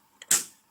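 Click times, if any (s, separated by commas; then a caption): 0.2 s, 0.3 s. A RAM stick, its key lined up with the notch, is pressed down into a motherboard DIMM slot until the plastic retention latches snap closed by themselves. A light tick is heard at 0.2 s, then a louder, sharper snap at 0.3 s that fades out quickly. The module is fully latched and seated.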